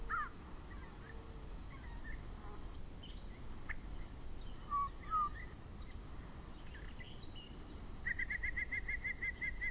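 Yellow-breasted chat with varied song: scattered short notes, a pair of whistles midway, then a fast, evenly spaced string of higher clipped notes at the close.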